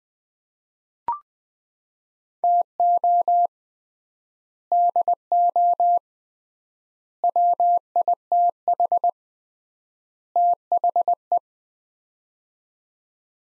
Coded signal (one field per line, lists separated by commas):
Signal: Morse code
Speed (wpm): 20 wpm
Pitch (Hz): 700 Hz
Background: none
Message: TO DO WITH THE